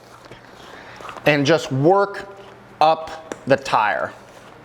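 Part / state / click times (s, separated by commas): bicycle tire bead onto wheel rim / not seated / none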